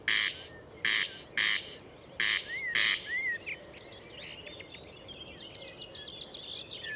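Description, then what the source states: Corn crake rasping call, five dry harsh notes, then another bird's twittering and trills take over. Murnauer Moos, Germany, 29 May 2014.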